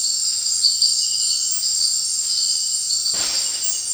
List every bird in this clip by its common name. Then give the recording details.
none. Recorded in dense forest near Puerto Asís, Putumayo, Colombia, on 18 February 2024 at 18:30. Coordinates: 0.500, -76.322. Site G6465